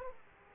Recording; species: mosquito wingbeat signal from an infrared sensor; Aedes aegypti